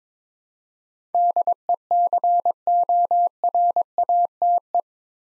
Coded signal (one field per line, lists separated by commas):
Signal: Morse code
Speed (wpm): 22 wpm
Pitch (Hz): 700 Hz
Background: none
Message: DECORATE